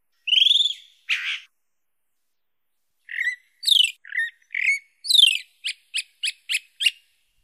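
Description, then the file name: Chalk-browed mockingbird singing a squeaky slurred note and a harsh note, then a pause, then mixed whistles ending in a fast series of crisp repeated chips. "sabia do campo"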